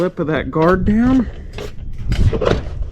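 Someone talks while the front lip of an aluminum perforated gutter guard is handled and pushed down toward the gutter's front edge, with brief knocking handling sounds around 1.6 s and 2.2 s. Nothing has snapped or seated into the gutter yet.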